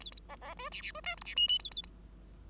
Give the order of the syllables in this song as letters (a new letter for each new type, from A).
A A B B C D D C E F D G G A A